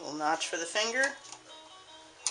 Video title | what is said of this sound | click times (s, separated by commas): Video Demonstration of a vintage Montgomery Wards Sewing Machine, built in Japan | Slide it right on. Click. | 2.3 s